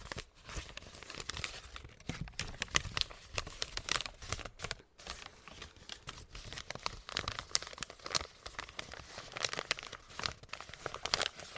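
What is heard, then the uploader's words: Crinkling and squishing fill the whole stretch, a dense run of short crackly bursts with no pauses longer than a moment. The sound is bright and papery, with occasional sharper snaps standing out. Squishing, Tapping, Crinkling!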